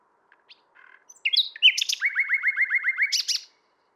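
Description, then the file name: Common nightingale song: varied whistles leading into a steady series of repeated notes, ending with high flourishes. "Luscinia megarhynchos"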